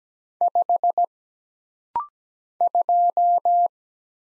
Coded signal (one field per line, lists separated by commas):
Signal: Morse code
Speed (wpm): 17 wpm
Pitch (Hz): 700 Hz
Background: none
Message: 5 2